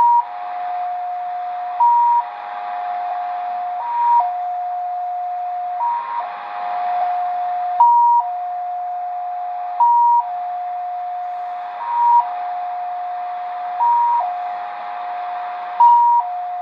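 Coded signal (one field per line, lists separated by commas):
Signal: multi-tone FSK (Olivia or MFSK type)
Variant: XPA2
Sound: steady low tone with a short higher-pitched step every two seconds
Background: radio static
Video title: Degen DE-1103 - XPA2 Data Mode 13/08/2023 2100 UTC 12159kHz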